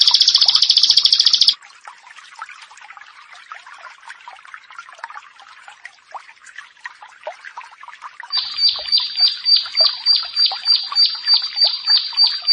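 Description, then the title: Prinia: a brief loud buzzy burst, then several seconds of quieter background chatter, then a run of high, evenly repeated chirps near the end. "Ciblek Sawah"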